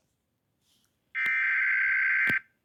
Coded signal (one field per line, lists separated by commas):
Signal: Emergency Alert System (SAME) tones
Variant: header bursts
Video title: Reacting To EAS Alarms Around the World